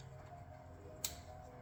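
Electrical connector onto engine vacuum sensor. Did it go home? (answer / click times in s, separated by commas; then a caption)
yes / 1.0 s. An electrical connector is slid onto the new vacuum sensor of the EFI system on a 2025 Toyota Tacoma with the 2.4 L (T24A-FTS) engine, after the sensor's gasket is checked and found not deformed. Over a low background hum, a single sharp click is heard at 1.0 s, confirming the connector is seated.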